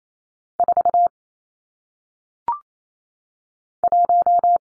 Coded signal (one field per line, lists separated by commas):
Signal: Morse code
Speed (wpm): 28 wpm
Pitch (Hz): 700 Hz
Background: none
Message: 4 1